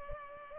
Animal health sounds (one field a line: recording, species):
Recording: mosquito wingbeat signal from an infrared sensor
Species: Culex pipiens